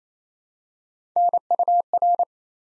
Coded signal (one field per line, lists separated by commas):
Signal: Morse code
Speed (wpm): 27 wpm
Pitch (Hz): 700 Hz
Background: none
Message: NUR